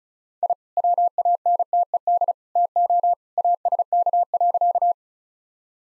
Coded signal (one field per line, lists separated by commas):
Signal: Morse code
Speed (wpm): 36 wpm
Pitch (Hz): 700 Hz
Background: none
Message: I WANTED TO ASK.